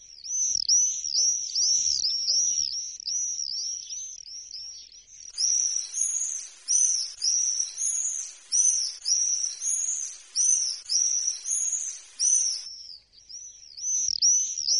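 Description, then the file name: Common swifts giving rapid shrill screams, first a quick run of short notes, then a longer series of harsher, layered bursts, and finally a few short screams again. "mauersegler"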